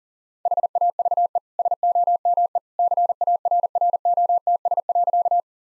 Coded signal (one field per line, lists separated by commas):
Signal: Morse code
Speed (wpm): 40 wpm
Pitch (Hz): 700 Hz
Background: none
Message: HAVE SOME CARROTS.